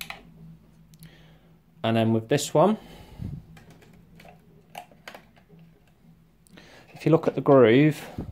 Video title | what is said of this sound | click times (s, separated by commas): Neato Botvac 85 Bumper sensor And Brush replacement | Give that a click, hear that, | 0.0 s